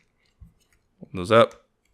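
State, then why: Not seated. A folding panel of a plastic and metal Soul of Chogokin GX-78 Dragonzord figure is handled and collapsed inward toward the figure body during transformation, with a faint handling tick near 0.4 s and small ticks around 0.7 s and 1.0 s as someone talks. Nothing has seated or clicked into place yet.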